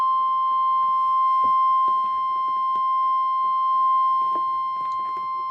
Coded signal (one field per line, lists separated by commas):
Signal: Emergency Alert System (SAME) tones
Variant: 1050 Hz attention tone